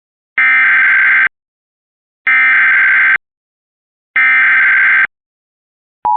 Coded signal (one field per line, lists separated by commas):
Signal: Emergency Alert System (SAME) tones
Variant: header bursts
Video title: (WXrchive) RARE Shelter In Place Warning EAS 1/10/26 (comcast)